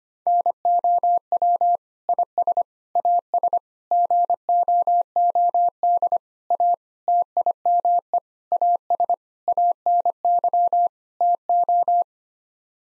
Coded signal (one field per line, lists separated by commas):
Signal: Morse code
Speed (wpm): 25 wpm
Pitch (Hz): 700 Hz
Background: none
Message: NOW IS AS GOOD A TIME AS ANY TO